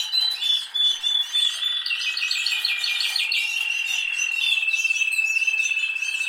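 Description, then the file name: Canary song opening with a clear whistle, then a run of quick repeated rising notes before settling into a long, even, rapid trill. "Canary Voice"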